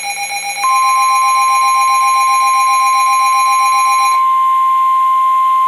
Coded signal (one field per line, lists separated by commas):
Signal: Emergency Alert System (SAME) tones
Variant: 1050 Hz attention tone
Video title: SCHOOL SUCKS - EAS alerts 232-251